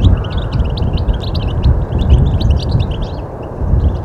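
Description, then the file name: European goldfinch calling, rapid bright chirps and twitters in short busy runs, heard above a constant deep rumbling background. "Carduelis carduelis"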